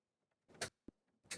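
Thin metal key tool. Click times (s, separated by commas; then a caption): 0.6 s, 1.3 s. A folded metal radio removal key for the second side is pushed into the release slots in the face of a car stereo until it locks. Sharp clicks ring out at 0.6 s and 1.3 s, with a short dull knock in between. The key seats locked in place.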